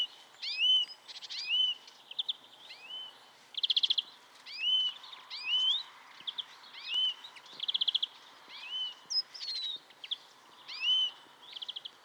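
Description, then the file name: European greenfinch repeating rising whistled calls roughly every second, interspersed with rapid buzzy trills and twitters, over a steady low hiss. "Chloris chloris"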